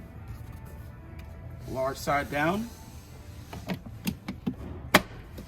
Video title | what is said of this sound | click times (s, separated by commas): QX60 Walkaround video Louisville Infiniti | And another click. And you're in. | 4.9 s